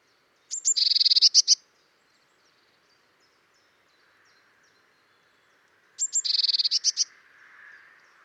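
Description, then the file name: Eurasian blue tit giving two bursts of fast scolding churr notes, high and scratchy, separated by a quiet gap. "Cyanistes caeruleus"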